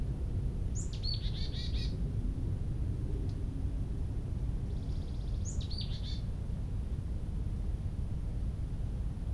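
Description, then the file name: Marsh tit calls, a short high sharp note followed by quick buzzy repeated elements, heard twice over steady low rumbling background noise. "Poecile palustris"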